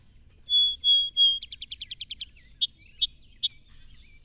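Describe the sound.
Song sparrow singing three even whistled notes, a rapid stuttering trill, and a closing series of bright high whistles alternating with lower chips.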